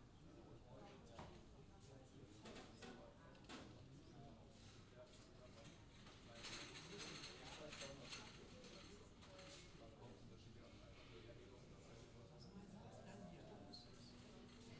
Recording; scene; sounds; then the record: everyday scene through a hearing-aid microphone; many people talking; many voices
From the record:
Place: university cafeteria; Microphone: in the ear canal, left